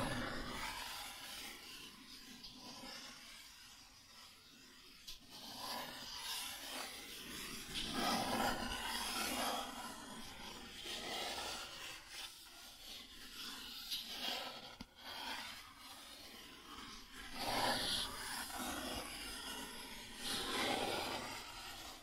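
Cardboard being scratched and rubbed in uneven bursts, bright hissy strokes every second or two, with sharper tearing surges near 8, 15 and 17 seconds.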